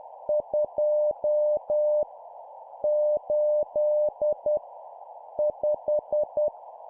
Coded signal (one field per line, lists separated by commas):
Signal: Morse code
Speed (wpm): 10 wpm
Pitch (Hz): 600 Hz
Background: none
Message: 2 8 5